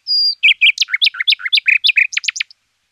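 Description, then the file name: Common nightingale song opening with a long pure whistle, then a rapid run of varied chirping notes and ending in quick high downslurred flicks. "Nightingale"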